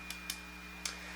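The last carbon section of a telescopic keiryu rod slides down into the rod butt as the rod is tipped over, with a small push if needed. Two light ticks come at 0.1 s and 0.3 s, then a sharper click at 0.9 s as the section seats home, over a steady background hum.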